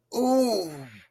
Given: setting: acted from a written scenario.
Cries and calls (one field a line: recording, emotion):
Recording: vocal sound without words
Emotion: realization